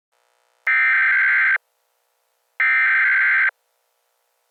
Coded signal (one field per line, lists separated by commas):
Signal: Emergency Alert System (SAME) tones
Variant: header bursts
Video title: EAS Scenario #13: Super Bowl Sabotage